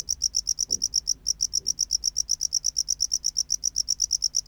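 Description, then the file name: Tropical house cricket chirping in a fast regular series of brief high pulses, a faint low thump near the first second. "Bio Acoustica Gryllodes sigillatus"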